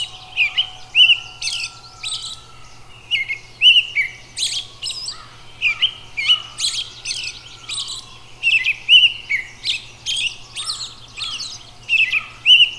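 Robin song of repeated chirpy phrases with high squeaky accents, over a faint constant low hum.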